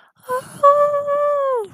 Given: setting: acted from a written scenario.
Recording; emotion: vocal sound without words; adoration